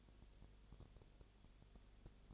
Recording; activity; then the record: daily activity, microphone in the room; no activity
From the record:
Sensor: 4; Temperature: 22.7 degrees Celsius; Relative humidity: 32.0%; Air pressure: 1008.1 hPa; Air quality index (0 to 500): 114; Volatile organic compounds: 2 ppm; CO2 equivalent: 1102 ppm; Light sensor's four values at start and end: 2/3/1/1 and 2/3/1/1